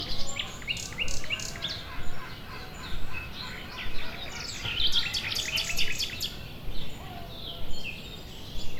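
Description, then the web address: Gulls calling, a busy chorus of short, sharp, yelping notes over a constant low rumble. Nature ambience with seagulls. "GDC 2017-Game Audio Bundle West Wolf - Nature Sounds. Nature ambience with seaguls"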